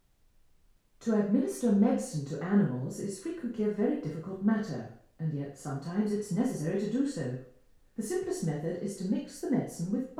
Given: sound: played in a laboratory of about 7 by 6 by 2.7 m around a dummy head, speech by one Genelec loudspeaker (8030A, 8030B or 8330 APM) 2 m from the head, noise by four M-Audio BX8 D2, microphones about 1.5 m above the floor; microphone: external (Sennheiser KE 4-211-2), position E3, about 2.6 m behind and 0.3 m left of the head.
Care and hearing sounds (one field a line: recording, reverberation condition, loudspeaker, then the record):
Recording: female speech in English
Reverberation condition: medium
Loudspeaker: 150 degrees to the left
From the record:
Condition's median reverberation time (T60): about 510 ms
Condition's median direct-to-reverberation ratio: about -0.5 dB